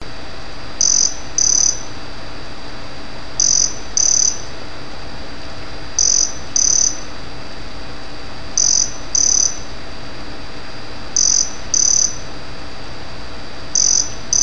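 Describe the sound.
Cicada buzzing in regular doubled bursts, two brief high buzzes close together, the pattern returning about every two and a half seconds against constant hiss and faint hum.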